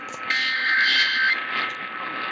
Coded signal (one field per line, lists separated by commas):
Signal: Emergency Alert System (SAME) tones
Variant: header bursts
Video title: Your Northeast Texas Weather Fix | EAS #1769-1775 (Severe Weather Alerts from 11/10/2021)